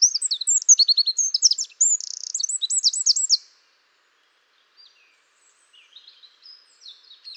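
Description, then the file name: Eurasian wren song: a rapid, shrill burst of high trills and chattering notes for about three seconds, then quiet with a few faint high chips. "Troglodytes troglodytes"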